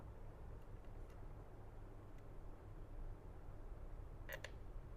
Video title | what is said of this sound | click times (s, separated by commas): Aoocci BM6 integrated Smart Hub - first impressions. | Push it in until you hear a click and it sits in properly. There you go. | 4.5 s